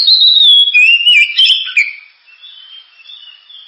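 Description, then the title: Oriental magpie-robin song: a long falling whistle flowing into twittering, slurred notes, then soft trailing whistles. Sharp, very loud, energetic song used as a lure to prompt other birds to sing. "Kacer Gacor Suara Tajam. Kacer Gacor Suara Super Kenceng Cocok untuk Pancingan"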